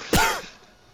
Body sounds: coughing mixed with background sound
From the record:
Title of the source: Coughing 51

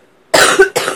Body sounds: coughing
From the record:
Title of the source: 34 coughing up crap again

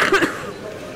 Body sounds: coughing mixed with background sound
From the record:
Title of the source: 31 night wet cough

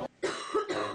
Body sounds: coughing mixed with background sound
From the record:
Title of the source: female coughing - coughing sound effects girl

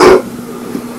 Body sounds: coughing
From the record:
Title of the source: Coughing 77

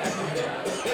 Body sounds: coughing mixed with background sound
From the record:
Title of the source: Residual Phlegmy Morning Coughing and Gagging

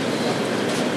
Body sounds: background sound without coughing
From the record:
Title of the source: Office Sounds Ambience - Background Noise for Study and Work

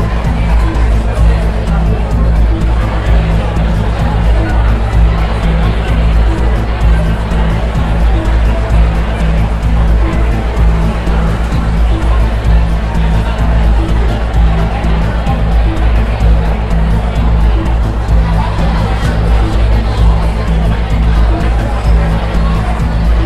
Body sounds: background sound without coughing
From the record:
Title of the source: Party Noise 1 Hour Party Ambience

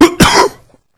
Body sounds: coughing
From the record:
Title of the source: Coughing 46

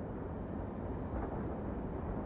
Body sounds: background sound without coughing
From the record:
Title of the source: Train Ride Ambience ambient white noise for sleeping, focus, studying, reading

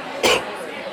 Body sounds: coughing mixed with background sound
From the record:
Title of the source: 61 morning phlegmy cough...again

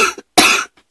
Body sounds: coughing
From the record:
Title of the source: 64 coughing, allergies, singing lungs

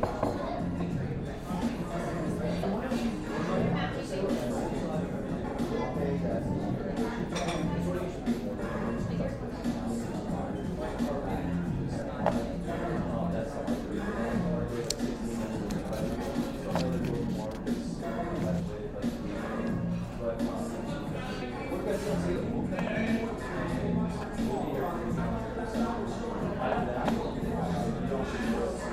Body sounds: background sound without coughing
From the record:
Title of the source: 60 minutes of coffee shop sounds for study and concentration

